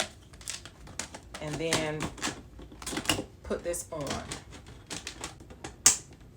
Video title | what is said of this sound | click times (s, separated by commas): Shoe Organizer Unboxing | You heard the snap. | 5.9 s